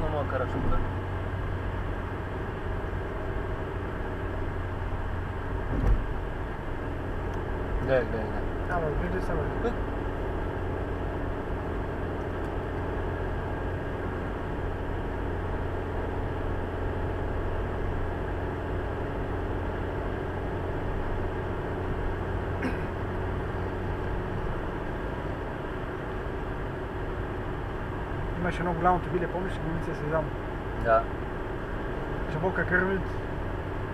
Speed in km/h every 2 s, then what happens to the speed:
87, 87, 84, 83, 84, 83, 83, 82, 83, 83, 84, 86, 87, 86, 86, 86, 87.
0-34 steady at about 84.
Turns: none.